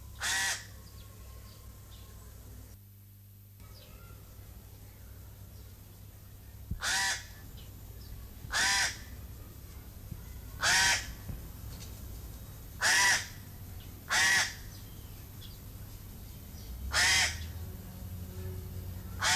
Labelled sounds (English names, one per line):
Pied Crow call